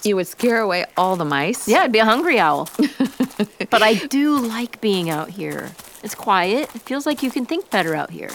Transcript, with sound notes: You would scare away all the mice.
Yes, I would be a very hungry owl. (laughter) But I do like being out here. It’s quiet, and it feels like you can think better out here.